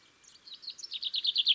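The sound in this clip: Common chaffinch song fragment: a short series of bright, high notes growing louder over little more than a second.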